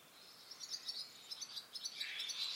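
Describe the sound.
Bird giving quick high chirps in a rapid run, ending in a denser twittering burst, with faint background hiss.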